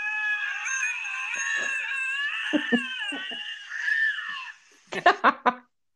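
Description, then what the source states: Lynx yowling: a long, wavering, harmonic wail lasting about four and a half seconds, then a few short, harsh bursts. Two lynx, a male and a female, looking for love rather than fighting; both make the same noise.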